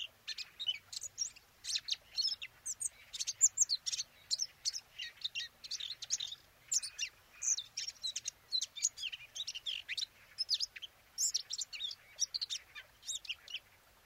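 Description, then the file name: Eurasian blackcap giving a continuous, rambling warble of thin chips and whistled notes, evenly paced throughout. "Sylvia atricapilla"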